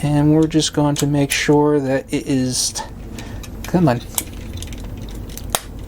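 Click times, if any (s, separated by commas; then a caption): 5.5 s. A plastic chest panel of a transforming toy figure is pushed into its torso while someone talks. After some small plastic clicks and taps, it snaps flush into place with a sharp snap at 5.5 seconds.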